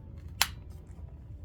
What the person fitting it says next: I heard something click there